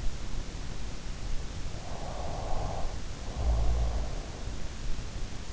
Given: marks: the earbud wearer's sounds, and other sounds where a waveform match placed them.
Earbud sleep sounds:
sounds in sleep by an in-ear microphone; snoring breath
1.36-4.22 s: snoring breath

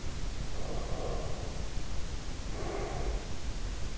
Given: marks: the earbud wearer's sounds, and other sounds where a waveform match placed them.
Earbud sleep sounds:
sounds in sleep by an in-ear microphone; breath
0.39-3.30 s: breath

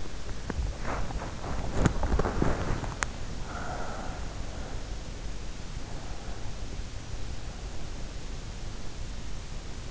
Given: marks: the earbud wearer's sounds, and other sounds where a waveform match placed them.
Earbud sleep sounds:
sounds in sleep by an in-ear microphone; body movement, breath
0.00-6.80 s: body movement
3.56-5.00 s: breath

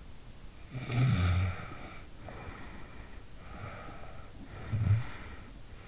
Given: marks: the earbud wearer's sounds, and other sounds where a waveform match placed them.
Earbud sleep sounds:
sounds in sleep by an in-ear microphone; snoring breath
0.10-2.67 s: snoring breath
3.47-5.76 s: snoring breath

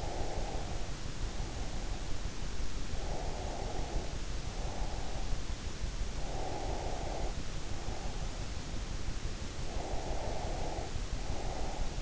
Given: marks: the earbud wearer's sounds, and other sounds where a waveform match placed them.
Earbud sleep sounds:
sounds in sleep by an in-ear microphone; breath
0.00-2.08 s: breath
3.01-5.42 s: breath
6.29-8.56 s: breath
9.75-12.02 s: breath

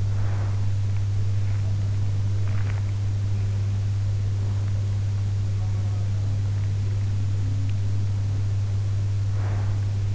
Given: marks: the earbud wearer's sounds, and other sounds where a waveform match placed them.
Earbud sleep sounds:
sounds in sleep by an in-ear microphone; breath
0.00-1.04 s: breath
9.11-10.15 s: breath

